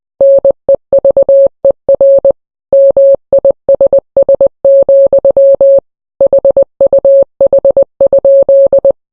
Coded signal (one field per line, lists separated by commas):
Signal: Morse code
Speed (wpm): 20 wpm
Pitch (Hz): 550 Hz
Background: none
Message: NEVER MISS, HUH?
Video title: hit or miss but it’s in Morse code